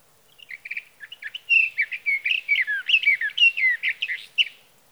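Sage Thrasher song, a sustained jumbled warble of quick slurred and rising notes, starting with soft chips and building into a steady run of varied phrases.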